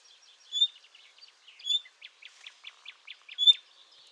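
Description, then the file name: Common nightingale calls: three clear high whistles about one to two seconds apart, with a soft series of short ticking notes between them. "Luscinia megarhynchos"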